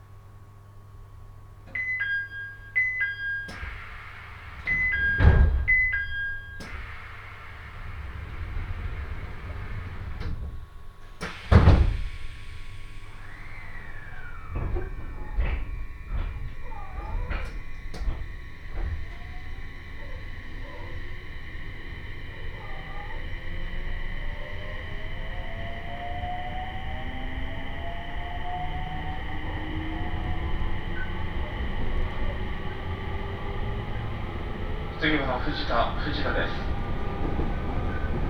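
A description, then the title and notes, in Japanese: A train on the Tohoku Main Line between Fukushima and Shirakawa: short beeping chimes early on and two heavy thumps near 5 and 12 seconds. A motor whine then climbs steadily in pitch over a growing low rumble, with a burst of rattling near 35 seconds. 鉄道旅 東北本線 福島→北白川。列車はこの途中で福島県から宮城県へと入っていきます。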